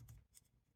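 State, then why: Not seated. A metal/plastic retaining ring is twisted onto the base of a new LED headlight bulb during a Nissan Xterra headlight upgrade, with brief handling ticks near 0.1 s and 0.4 s over a low rumble. Nothing has seated or clicked yet; the ring is handled but not yet locked in place.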